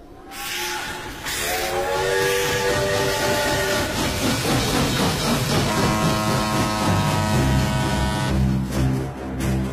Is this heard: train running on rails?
yes